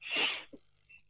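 A single sharp, hissing burst of about half a second, one cough from an adult with a lingering cough that never healed and has flared up again, then quiet.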